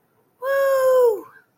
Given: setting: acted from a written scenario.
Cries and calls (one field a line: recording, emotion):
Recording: vocal sound without words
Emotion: triumph